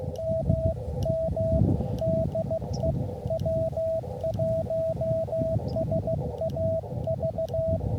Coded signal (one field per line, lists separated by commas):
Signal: Morse code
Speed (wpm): 15 wpm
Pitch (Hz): 650 Hz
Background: radio noise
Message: MM DE W1SAV